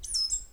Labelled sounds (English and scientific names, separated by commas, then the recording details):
Stitchbird (Notiomystis cincta) song
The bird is a male
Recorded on Tiritiri Matangi Island, New Zealand, in 2005
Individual 4, of nest box 4